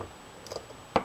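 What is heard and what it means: With the anti-reversal latch held back against the edge of a DBoys airsoft gearbox, a bevel gear is pressed into its bearing in the plastic/metal gearbox shell. After faint light ticks around 0.5 s, a sharp click at 1.0 s marks the gear dropping into place, followed by another brief tick at 1.1 s. The bevel gear is seated in the gearbox.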